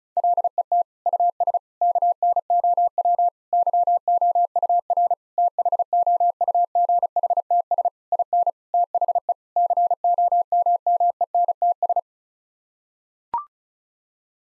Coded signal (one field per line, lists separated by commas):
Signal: Morse code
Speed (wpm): 34 wpm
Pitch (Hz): 700 Hz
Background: none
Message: LET US KNOW YOUR THOUGHTS IN THE COMMENTS